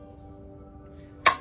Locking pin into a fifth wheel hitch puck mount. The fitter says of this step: and that locks in place you take the other pin